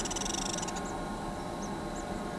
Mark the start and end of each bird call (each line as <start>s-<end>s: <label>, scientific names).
0.00s-0.70s: Certhiaxis cinnamomeus
0.84s-2.38s: Tyrannus melancholicus